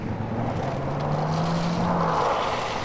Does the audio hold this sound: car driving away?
yes